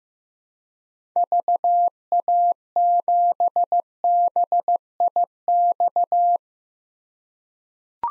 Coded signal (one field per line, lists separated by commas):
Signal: Morse code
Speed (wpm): 15 wpm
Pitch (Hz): 700 Hz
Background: none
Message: VA7BIX